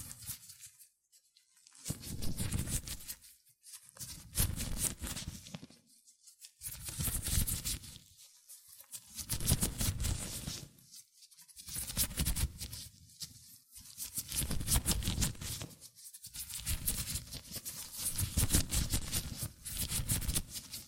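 Latex gloves rub and squeak on hands in repeated bursts about every two seconds, bright crinkly friction over a soft low thump, with brief quiet gaps.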